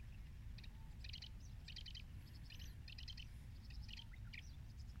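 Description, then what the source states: Zitting cisticola calls, short bursts of sharp high ticking notes in an irregular series, over a steady low rumble of background noise. 3 April 2019.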